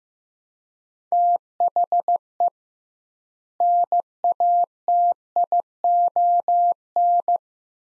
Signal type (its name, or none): Morse code